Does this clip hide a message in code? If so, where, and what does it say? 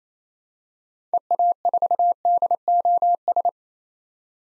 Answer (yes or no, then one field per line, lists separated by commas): yes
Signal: Morse code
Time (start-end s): 1.1-3.5 s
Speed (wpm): 28 wpm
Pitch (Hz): 700 Hz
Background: none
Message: EA4DOS